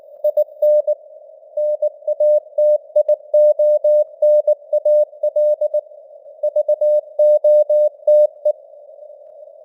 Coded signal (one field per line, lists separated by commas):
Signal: Morse code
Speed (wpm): 19 wpm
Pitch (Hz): 600 Hz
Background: none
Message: IN NATIONAL VOTE